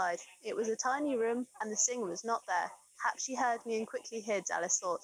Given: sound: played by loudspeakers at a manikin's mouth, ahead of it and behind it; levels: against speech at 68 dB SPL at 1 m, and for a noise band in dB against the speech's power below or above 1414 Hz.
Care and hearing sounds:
test signals for a remote microphone
0.00-5.04 s: woman speaking, babble ahead at +6 dB SNR for speech at 1 m
From the record:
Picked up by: remote microphone C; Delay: 23 ms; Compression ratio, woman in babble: 1.51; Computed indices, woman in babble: HASPI 0.867, HASQI 0.307 (non-linear 0.358, linear 0.857), ESTOI 0.784

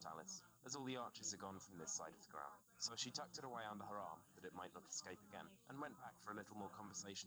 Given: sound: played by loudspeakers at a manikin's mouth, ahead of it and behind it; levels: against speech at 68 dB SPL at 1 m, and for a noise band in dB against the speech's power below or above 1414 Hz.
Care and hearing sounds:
test signals for a remote microphone
0.00-7.27 s: man speaking, babble ahead at +6 dB SNR for speech at 1 m
From the record:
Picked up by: remote receiver E, fed by microphone B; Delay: 43 ms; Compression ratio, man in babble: 2.17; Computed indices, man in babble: HASPI 1.000, HASQI 0.272 (non-linear 0.310, linear 0.875), ESTOI 0.631

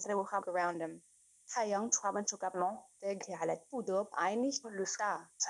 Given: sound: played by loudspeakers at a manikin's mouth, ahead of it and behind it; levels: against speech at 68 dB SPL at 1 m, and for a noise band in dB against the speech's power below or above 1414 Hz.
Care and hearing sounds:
test signals for a remote microphone
0.00-5.39 s: speech test signal (ISTS)
5.39-5.49 s: man speaking
From the record:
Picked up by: remote microphone C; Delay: 23 ms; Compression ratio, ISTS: 1.61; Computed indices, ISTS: SII 0.995, HASPI 0.979, HASQI 0.323 (non-linear 0.389, linear 0.829), ESTOI 0.816

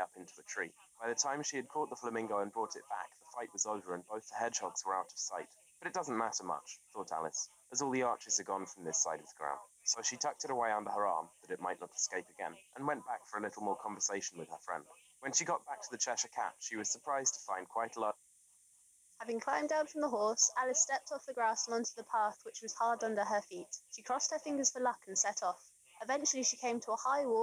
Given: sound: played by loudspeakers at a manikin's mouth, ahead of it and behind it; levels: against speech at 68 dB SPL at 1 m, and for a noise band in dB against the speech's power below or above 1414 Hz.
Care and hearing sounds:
test signals for a remote microphone
0.00-18.10 s: man speaking, babble ahead at +6 dB SNR for speech at 1 m
19.10-27.43 s: woman speaking, babble ahead at +6 dB SNR for speech at 1 m
From the record:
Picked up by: remote microphone C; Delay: 23 ms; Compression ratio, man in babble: 1.37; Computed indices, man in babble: HASPI 0.990, HASQI 0.225 (non-linear 0.266, linear 0.842), ESTOI 0.695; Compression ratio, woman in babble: 1.51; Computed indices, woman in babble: HASPI 0.867, HASQI 0.307 (non-linear 0.358, linear 0.857), ESTOI 0.784

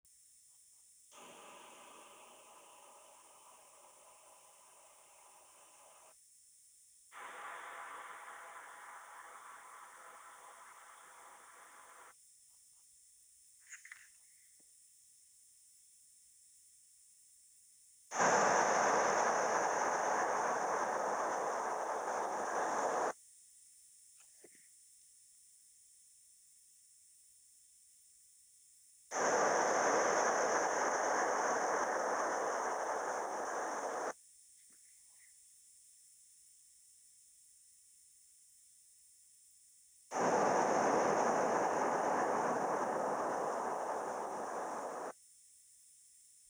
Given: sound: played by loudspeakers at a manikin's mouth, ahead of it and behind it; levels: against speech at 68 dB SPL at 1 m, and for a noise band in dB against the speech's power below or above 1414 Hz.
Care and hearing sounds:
test signals for a remote microphone
1.10-6.11 s: speech-spectrum noise from ahead
7.11-12.11 s: speech-spectrum noise from behind
18.11-23.11 s: speech-spectrum noise from the mouth, turned 45 degrees left
29.11-34.11 s: speech-spectrum noise from the mouth, facing ahead
40.11-45.11 s: speech-spectrum noise from the mouth, turned 45 degrees right
From the record:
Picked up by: remote microphone C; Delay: 23 ms

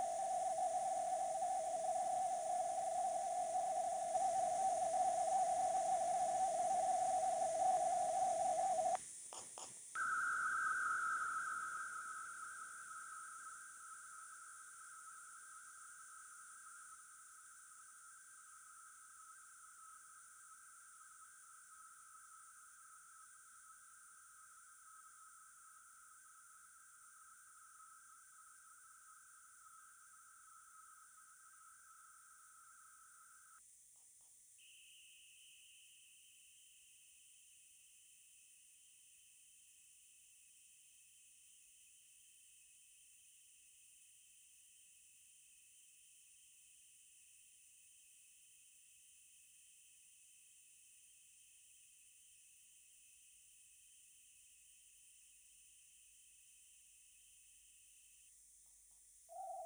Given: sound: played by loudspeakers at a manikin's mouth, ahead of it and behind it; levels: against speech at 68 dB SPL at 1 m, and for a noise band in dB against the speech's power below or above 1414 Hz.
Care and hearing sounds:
test signals for a remote microphone
0.00-8.95 s: noise band at 707 Hz, as loud as that band is in speech
9.95-33.58 s: noise band at 1414 Hz, as loud as that band is in speech
34.58-58.29 s: noise band at 2828 Hz, as loud as that band is in speech
59.29-59.66 s: noise band at 707 Hz, -10 dB
From the record:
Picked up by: remote microphone D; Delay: 24 ms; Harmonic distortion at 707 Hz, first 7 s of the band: under -32 dB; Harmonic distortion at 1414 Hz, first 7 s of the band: under -34 dB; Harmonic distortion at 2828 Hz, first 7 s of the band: under -7 dB (system noise only)

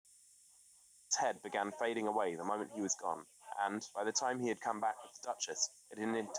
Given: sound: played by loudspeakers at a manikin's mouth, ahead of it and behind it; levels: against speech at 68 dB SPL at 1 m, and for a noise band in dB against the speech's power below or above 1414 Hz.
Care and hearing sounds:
test signals for a remote microphone
1.11-6.39 s: man speaking, babble ahead at +6 dB SNR for speech at 1 m
From the record:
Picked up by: remote microphone B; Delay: 24 ms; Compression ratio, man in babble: 1.70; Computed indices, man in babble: HASPI 0.999, HASQI 0.276 (non-linear 0.326, linear 0.847), ESTOI 0.728

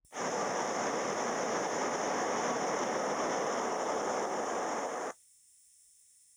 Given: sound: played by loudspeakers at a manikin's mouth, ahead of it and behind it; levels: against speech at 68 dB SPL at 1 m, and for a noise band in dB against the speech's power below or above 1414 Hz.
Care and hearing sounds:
test signals for a remote microphone
0.11-5.11 s: speech-spectrum noise from the mouth, +10 dB
From the record:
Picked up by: remote microphone D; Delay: 24 ms

